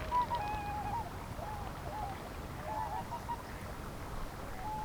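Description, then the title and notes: Whooper swans giving mellow, trumpeting honks in short bursts, several overlapping notes throughout, over a steady low background rumble. Five or six whooper swans singing on the Peene river at Zemitz, Mecklenburg-Vorpommern, Germany; recorded with a TASCAM DR10-MKII. "Zemitz, Mecklenburg-Vorpommern, Deutschland - Singschwäne sind da. Whooper Swan are there. 5 or 6 Whooper swans singing on Peene river"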